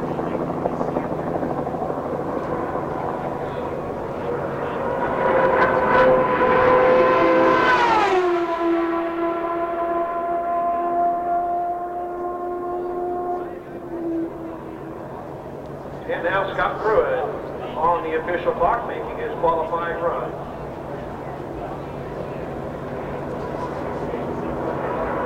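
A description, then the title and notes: At Phoenix International Raceway, a car's engine whine rises then drops sharply near eight seconds, with voices chattering between sixteen and twenty seconds. The Sounds of IndyCar, Phoenix 1995. The 1995 CART IndyCar Series event at Phoenix International Raceway. The glorious sounds of the unmistakable 2.65-liter turbocharged V8 engines provide an amazing soundtrack.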